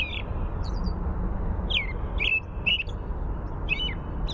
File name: AMRO song